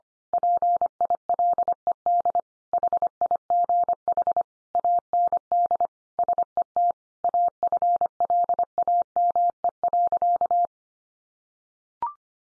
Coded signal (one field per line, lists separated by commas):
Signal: Morse code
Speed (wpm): 25 wpm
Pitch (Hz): 700 Hz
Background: none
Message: PILED HIGH AND SET AFLAME.